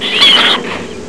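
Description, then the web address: Rat giving a single short, loud, harsh squeak with a thin high tonal edge, lasting about half a second before fading. "Furry CD-Fur 2 SPECIES RAT SOUNDS SQUEEK"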